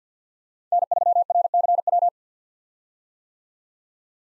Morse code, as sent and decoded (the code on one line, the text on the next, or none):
-. ...-- .-. -.-. .--
N3RCW